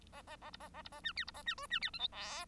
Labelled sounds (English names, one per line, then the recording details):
Bengalese Finch song
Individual Bird1